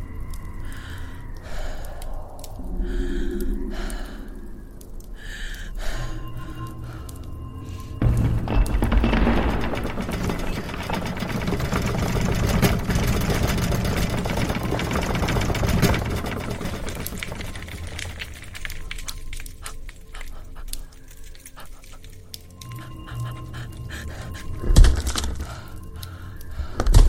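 An eerie soundscape opens with broken, breathy bursts and heavy panting-like sounds over a low hum. Around eight seconds a dense, rumbling roar swells and holds for several seconds before fading into quieter, thin sustained tones, with a sharp knock near twenty-five seconds.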